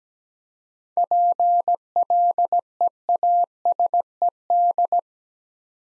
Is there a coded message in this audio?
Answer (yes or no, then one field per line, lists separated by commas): yes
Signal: Morse code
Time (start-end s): 1.0-5.0 s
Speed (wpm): 17 wpm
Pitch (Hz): 700 Hz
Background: none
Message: PLEASED